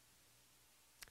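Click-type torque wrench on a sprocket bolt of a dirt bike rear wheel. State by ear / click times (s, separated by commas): torque reached / 1.0 s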